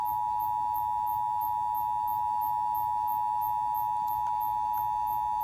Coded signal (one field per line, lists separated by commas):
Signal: Emergency Alert System (SAME) tones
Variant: 853 and 960 Hz attention tone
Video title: Another TOR On 96.5 FM EAS #298